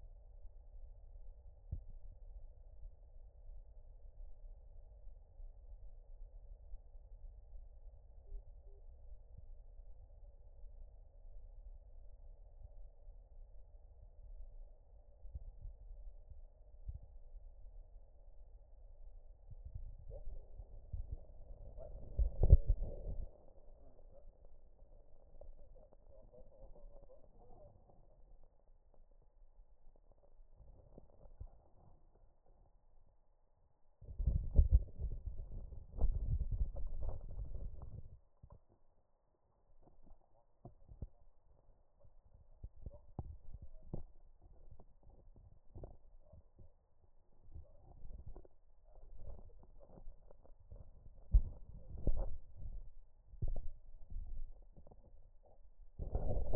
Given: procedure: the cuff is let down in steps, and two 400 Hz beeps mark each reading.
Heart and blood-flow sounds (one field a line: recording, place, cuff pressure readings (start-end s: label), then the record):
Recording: Korotkoff sounds by stethoscope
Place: brachial artery, at the lower edge of an arm cuff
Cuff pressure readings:
8.27-8.79 s: 70 mmHg
From the record:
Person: healthy adult, 24 to 32 years, lying on the back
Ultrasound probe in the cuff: middle